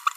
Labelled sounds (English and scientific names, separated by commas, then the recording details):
Green-rumped Parrotlet (Forpus passerinus) babbling
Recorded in a nest box in Venezuela
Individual 18B25A3